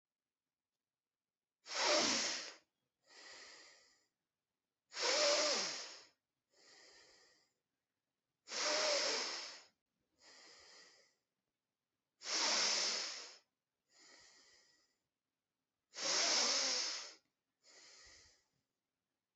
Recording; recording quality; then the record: deep breathing; excellent, no background noise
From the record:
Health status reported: healthy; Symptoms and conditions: none ticked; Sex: male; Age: 27 years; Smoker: not ticked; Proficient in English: yes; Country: India